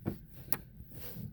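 On a 2017 Ford Fusion, during a driver-side isolator installation, the defroster wiring connector is plugged into the isolator module's socket. A soft, low thump at 0.1 s comes before a loud, sharp click at 0.5 s, and the connector is seated.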